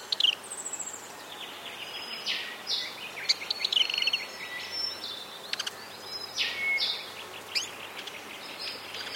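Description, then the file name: Robin song: scattered high whistled notes and short clear tones over a steady hiss of background noise. Medley of robin sounds. "BIRD rcrobin medley"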